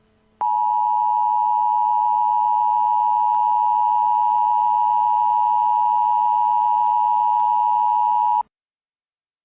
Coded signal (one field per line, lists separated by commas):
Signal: Emergency Alert System (SAME) tones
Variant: 853 and 960 Hz attention tone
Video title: Eas Scenario: 3am (the devil's hour)